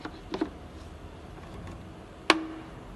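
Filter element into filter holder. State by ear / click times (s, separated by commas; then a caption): seated / 2.3 s. A plastic filter element for a Mercedes van is placed into its holder and pushed down, with a few faint taps near the start. A sharp, bright click at 2.3 s marks the element snapping into the holder and seating.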